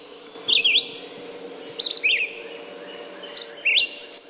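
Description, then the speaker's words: Red-eyed Vireo song: three short high phrases in separate bursts with pauses of about a second between them, over a faint low hum. "That's the song of the red-eyed vireo."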